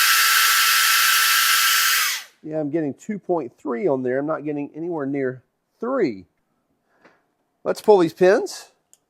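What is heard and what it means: A steady motorized whir from a vacuum lifter runs for the first two seconds and then cuts out, followed by someone talking about its reading. The locking pins on the vacuum lifter housing are being handled, but nothing has seated or clicked yet.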